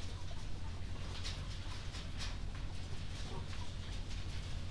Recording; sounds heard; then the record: poultry house recording; healthy chickens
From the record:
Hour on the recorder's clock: 21